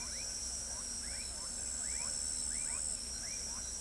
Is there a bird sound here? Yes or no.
no